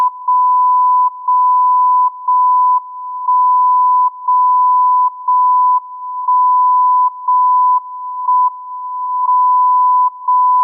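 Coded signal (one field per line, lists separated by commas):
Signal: radio time signal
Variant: JJY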